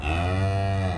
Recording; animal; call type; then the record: contact call of a hoofed animal; cattle; low-frequency (closed-mouth) or high-frequency (open-mouth) call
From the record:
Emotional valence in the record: negative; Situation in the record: full separation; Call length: 0.99 s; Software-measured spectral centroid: 1950 Hz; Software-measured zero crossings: 1080 a second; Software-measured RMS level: -24 dBFS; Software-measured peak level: -13 dBFS